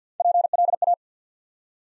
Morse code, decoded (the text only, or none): PLA